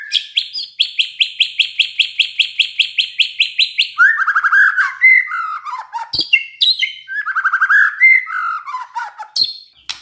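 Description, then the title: White-rumped shama singing: a fast run of repeated high chipping notes, then rich slurred warbling phrases sliding downward, with sharp high accents between them. Lure recording of shama song, played to prompt lazy or unwilling white-rumped shamas to start singing. "PANCINGAN MURAI BATU. SIULAN MURAI BATU❗ PANCINGAN MURAI MALAS AGAR BUNYI"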